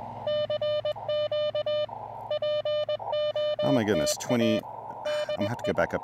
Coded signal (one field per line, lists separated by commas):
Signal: Morse code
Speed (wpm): 21 wpm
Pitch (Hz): 600 Hz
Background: speech, music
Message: CQ POTA DI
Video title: Will it be a POTA bust? Testing those higher bands on Blue Ridge Parkway.